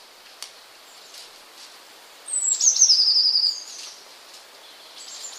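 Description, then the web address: Eurasian blue tit song phrase: a high thin whistle dropping into a fast, slightly descending trill, with quiet hiss around it. "wroblowe kolekcja modraszka"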